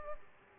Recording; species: mosquito wingbeat signal from an infrared sensor; Aedes aegypti